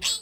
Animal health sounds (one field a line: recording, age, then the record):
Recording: pig call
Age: piglet (1 to 25 days)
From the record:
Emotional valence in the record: negative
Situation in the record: restrain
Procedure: sham castration, fixation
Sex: male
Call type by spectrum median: high-frequency call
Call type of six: high-frequency stable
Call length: 0.22 s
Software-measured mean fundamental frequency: 103 Hz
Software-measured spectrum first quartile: 3648 Hz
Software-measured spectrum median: 4881 Hz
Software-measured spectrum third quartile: 7293 Hz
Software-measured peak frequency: 4416 Hz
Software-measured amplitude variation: 130 dB a second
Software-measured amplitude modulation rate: 7.0 a second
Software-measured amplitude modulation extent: 18.7 dB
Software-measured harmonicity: 4.6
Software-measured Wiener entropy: -2.37